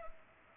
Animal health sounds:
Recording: mosquito wingbeat signal from an infrared sensor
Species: Culex pipiens

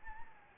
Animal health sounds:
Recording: mosquito wingbeat signal from an infrared sensor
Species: Anopheles gambiae

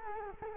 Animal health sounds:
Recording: mosquito wingbeat signal from an infrared sensor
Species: Culex quinquefasciatus

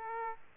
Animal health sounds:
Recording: mosquito wingbeat signal from an infrared sensor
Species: Aedes aegypti

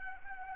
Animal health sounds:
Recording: mosquito wingbeat signal from an infrared sensor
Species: Anopheles arabiensis

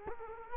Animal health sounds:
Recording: mosquito wingbeat signal from an infrared sensor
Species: Culex quinquefasciatus

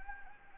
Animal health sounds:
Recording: mosquito wingbeat signal from an infrared sensor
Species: Anopheles gambiae

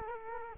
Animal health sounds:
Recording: mosquito wingbeat signal from an infrared sensor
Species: Culex quinquefasciatus

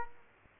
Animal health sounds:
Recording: mosquito wingbeat signal from an infrared sensor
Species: Culex quinquefasciatus

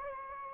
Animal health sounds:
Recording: mosquito wingbeat signal from an infrared sensor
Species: Anopheles gambiae

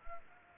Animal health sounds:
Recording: mosquito wingbeat signal from an infrared sensor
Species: Anopheles arabiensis

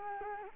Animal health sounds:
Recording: mosquito wingbeat signal from an infrared sensor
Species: Culex quinquefasciatus

